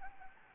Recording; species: mosquito wingbeat signal from an infrared sensor; Anopheles gambiae